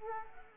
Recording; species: mosquito wingbeat signal from an infrared sensor; Culex quinquefasciatus